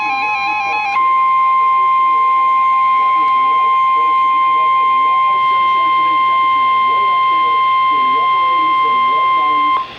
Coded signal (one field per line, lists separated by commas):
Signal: Emergency Alert System (SAME) tones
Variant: 1050 Hz attention tone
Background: speech, music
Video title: Severe Thunderstorm Warning (EAS #720)